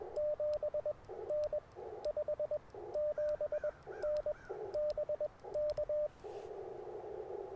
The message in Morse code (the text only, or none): 7N 57N BK